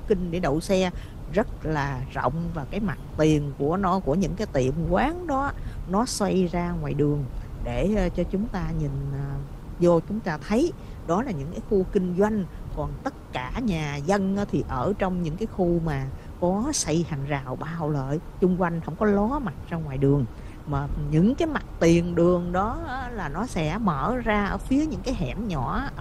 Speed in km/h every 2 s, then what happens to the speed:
47, 50, 50, 53, 55, 55, 56, 56, 56, 56, 56, 55, 55.
0-12 speeds up to 56. 12-26 steady at about 56.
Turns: none.